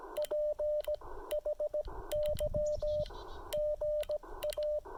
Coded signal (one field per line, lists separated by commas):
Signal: Morse code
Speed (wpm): 15 wpm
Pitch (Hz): 600 Hz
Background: radio noise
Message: P HY GA